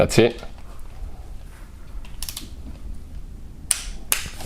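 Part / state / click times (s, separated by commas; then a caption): click-type torque wrench on timing chain tensioner bolt in engine block / torque reached / 3.7 s, 4.1 s. A click-type torque wrench tightens the second timing chain tensioner bolt in the engine block of a Hyundai Sonata to about 11 Nm, set within a 9.8 to 11.8 Nm range. Someone talks briefly at the start, and a few faint metallic taps follow around 2.2 to 2.4 s. Two sharp wrench clicks at 3.7 s and 4.1 s confirm the bolt has reached its torque setting.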